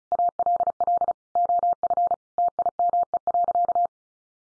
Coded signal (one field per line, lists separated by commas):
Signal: Morse code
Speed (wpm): 34 wpm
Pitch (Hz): 700 Hz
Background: none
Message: ALL OF TIME.